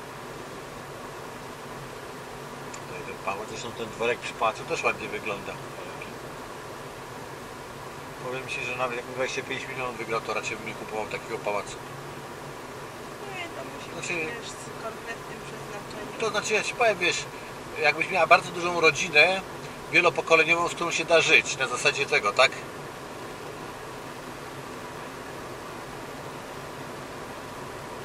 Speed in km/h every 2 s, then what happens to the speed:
50, 50, 50, 49, 50, 50, 49, 49, 49, 48, 49, 49, 49, 50.
0-28 steady at about 49.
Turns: none.